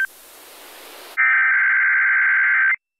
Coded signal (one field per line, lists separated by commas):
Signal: Emergency Alert System (SAME) tones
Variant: header bursts